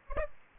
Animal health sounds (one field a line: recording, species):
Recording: mosquito wingbeat signal from an infrared sensor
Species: Aedes aegypti